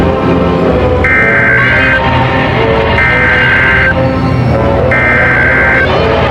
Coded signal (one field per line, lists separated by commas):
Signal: Emergency Alert System (SAME) tones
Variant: header bursts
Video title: Eas Scenario Godzilla vs. King Kong 1962